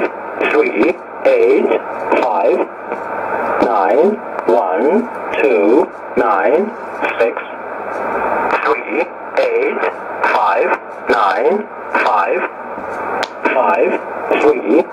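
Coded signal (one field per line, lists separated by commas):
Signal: numbers station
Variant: E07a, English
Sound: a male voice reading short, evenly spaced words over shortwave radio hiss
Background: radio static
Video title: 09 02 2019 E07a English Man Numbers station in English to Eu 0925 on 12153 unknown tx site USB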